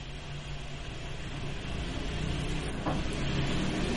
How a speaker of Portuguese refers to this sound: Acho que tem um chuveiro ligado.